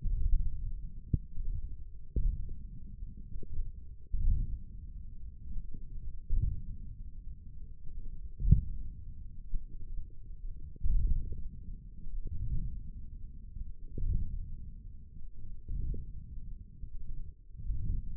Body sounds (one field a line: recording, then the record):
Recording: forearm muscle sounds (acoustic myography)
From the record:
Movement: wrist flexion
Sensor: system 1, eight BSWA MPA416 microphones around the upper forearm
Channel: 2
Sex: male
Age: 42 years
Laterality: right